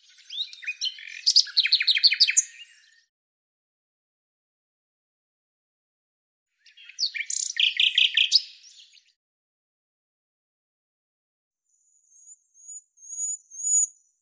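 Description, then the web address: Bird song in two complex chirping phrases separated by a long silence, followed by a few thin, very high notes. "Deverinetal 2025"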